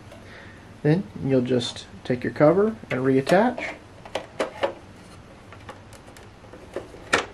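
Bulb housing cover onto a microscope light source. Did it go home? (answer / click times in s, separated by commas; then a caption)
yes / 7.1 s. After a bulb change, the bulb housing cover of a Leica CLS 150X microscope illuminator is reattached and pulled back until it snaps into place, seating at 7.1 s. Someone talks over the first half, followed by a few faint handling ticks around 4.1 s and 5.5 s. The cover ends with one sharp, loud snap at 7.1 s.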